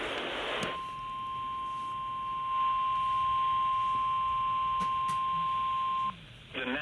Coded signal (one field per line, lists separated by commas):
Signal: Emergency Alert System (SAME) tones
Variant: 1050 Hz attention tone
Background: speech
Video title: EAS Severe Thunderstorm Warning Berks, PA EAS#178